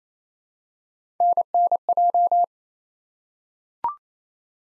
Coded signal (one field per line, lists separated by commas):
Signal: Morse code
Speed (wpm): 28 wpm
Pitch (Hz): 700 Hz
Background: none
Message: NNJ